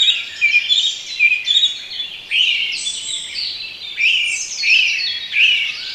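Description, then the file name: Bird chorus of overlapping chirping and warbled phrases, swelling in bursts every second or two. Relaxation recording of bird sounds. "relaksacja odglosy ptakow"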